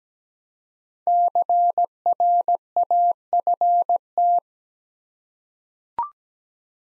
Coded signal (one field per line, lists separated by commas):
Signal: Morse code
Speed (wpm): 17 wpm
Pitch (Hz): 700 Hz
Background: none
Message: CRAFT